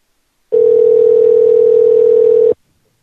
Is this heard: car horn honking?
no